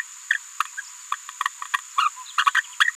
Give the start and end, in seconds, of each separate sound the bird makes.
0.30-0.34, 0.60-0.62, 1.12-1.14, 1.98-2.09, 2.38-2.44, 2.54-2.61, 2.80-2.84